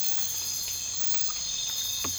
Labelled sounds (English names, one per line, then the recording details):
none
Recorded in dense forest near Puerto Asís, Putumayo, Colombia, on 19 March 2025 at 01:00
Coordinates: 0.484, -76.317
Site G064